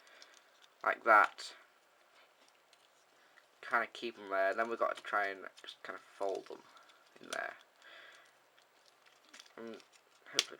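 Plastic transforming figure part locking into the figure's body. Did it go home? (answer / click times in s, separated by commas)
yes / 10.4 s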